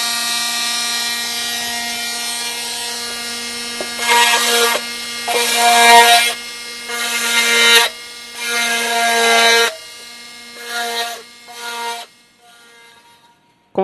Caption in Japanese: ギブスカッターですね。 整形外科なんか行くとこう、ギブスをつけた人をこうジャーって切るやつですね。